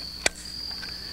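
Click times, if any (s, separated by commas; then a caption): 0.3 s. A hinged, detachable box magazine of a Browning bolt-action rifle is pushed back into its place at the base of the trigger guard. One sharp, short metallic snap at 0.3 s stands out over a steady high-pitched whine and low background hum. The magazine snaps in and is seated.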